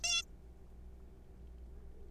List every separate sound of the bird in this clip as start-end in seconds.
0.04-0.22